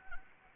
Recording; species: mosquito wingbeat signal from an infrared sensor; Anopheles arabiensis